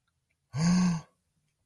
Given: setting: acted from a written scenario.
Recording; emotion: vocal sound without words; embarrassment